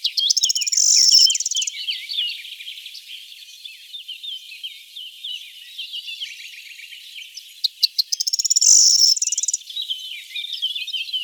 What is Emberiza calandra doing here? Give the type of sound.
song